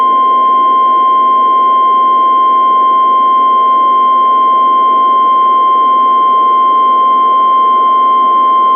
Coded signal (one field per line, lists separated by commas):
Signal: Emergency Alert System (SAME) tones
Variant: 1050 Hz attention tone